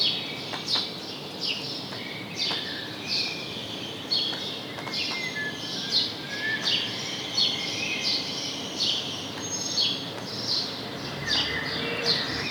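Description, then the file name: House sparrow chattering chirps repeated throughout, with a few dry clicks and a steady background hiss. "Passer domesticus"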